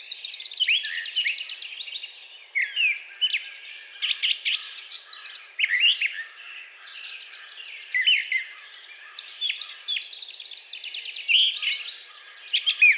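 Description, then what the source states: Brown thrasher song, phrase after phrase of chirps, slurred whistles and rattles, frequently doubled, in a steady, energetic stream. Recorded 4 June 2020.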